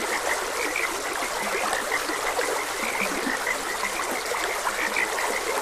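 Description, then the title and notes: Many frogs give short repeated croaks of high and low pitch, mingled with the even trickle of flowing water. Frogs croaking beside a gentle stream. "Gentle Stream and Frogs Croaking. Sleep and Relaxation Podcast"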